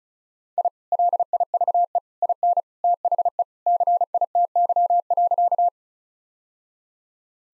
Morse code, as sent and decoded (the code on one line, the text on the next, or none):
.. / .-.. .. ...- . / .. -. / - .... . / -.-. .. - -.-- .-.-.-
I LIVE IN THE CITY.